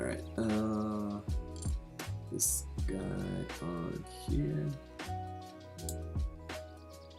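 A plastic part of a plastic model kit is being handled and pressed toward the model's frame during a build, with music playing in the background and someone talking briefly. A few soft, sharp plastic taps stand out over the music, but the part has not seated or clicked into place yet.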